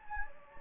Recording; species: mosquito wingbeat signal from an infrared sensor; Anopheles gambiae